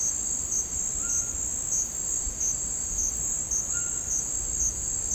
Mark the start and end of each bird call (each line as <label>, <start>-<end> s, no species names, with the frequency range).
bird call (1.0-1.8 kHz), 0.90-1.40 s
bird call (1.0-1.8 kHz), 3.74-4.21 s